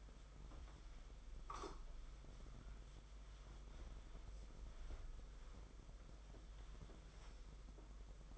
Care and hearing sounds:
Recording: daily activity, microphone in the room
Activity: wipe stove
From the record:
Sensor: 5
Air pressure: 991.6 hPa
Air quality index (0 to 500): 126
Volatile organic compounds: 57 ppm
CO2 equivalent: 3377 ppm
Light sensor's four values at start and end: 33/99/39/42 and 34/104/41/44

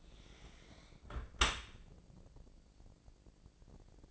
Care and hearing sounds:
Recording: daily activity, microphone in the room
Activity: close dishwasher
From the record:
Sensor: 5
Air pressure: 1012.4 hPa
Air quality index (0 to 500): 156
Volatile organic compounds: 2 ppm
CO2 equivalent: 1058 ppm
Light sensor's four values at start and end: 96/231/97/109 and 97/234/98/110

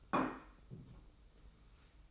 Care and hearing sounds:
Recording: daily activity, microphone in the room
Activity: place plate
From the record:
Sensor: 1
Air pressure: 990.8 hPa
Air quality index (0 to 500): 135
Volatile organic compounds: 502 ppm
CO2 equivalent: 4822 ppm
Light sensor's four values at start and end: 24/55/23/25 and 24/55/23/25

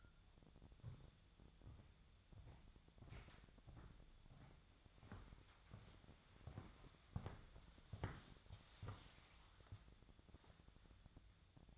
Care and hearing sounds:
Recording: daily activity, microphone in the room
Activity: walk to room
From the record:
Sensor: 3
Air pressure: 999.9 hPa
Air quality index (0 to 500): 120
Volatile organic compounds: 2 ppm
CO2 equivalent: 1083 ppm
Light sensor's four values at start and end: 35/87/38/42 and 23/51/24/27

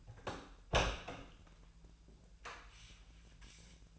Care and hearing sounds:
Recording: daily activity, microphone in the room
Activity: open door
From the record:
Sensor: 2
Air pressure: 1001.3 hPa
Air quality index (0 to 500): 247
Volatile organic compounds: 85 ppm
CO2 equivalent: 3646 ppm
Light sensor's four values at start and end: 9/22/9/9 and 10/23/10/10

